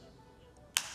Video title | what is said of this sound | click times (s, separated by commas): How To Repair A Bosch Shut-Off Tool In Under 15 Minutes | snaps right in there you go now | 0.8 s